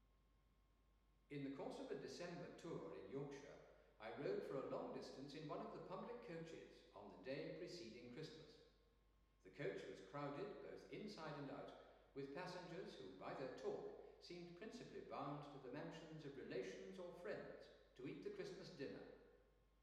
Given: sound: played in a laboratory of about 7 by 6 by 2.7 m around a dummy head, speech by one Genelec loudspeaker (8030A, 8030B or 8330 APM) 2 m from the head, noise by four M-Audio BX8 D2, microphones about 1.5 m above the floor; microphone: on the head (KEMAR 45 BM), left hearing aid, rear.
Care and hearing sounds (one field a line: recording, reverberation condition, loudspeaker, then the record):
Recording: male speech in English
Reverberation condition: high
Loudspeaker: 60 degrees to the left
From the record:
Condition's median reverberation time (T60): about 1300 ms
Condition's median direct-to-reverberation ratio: about -4.0 dB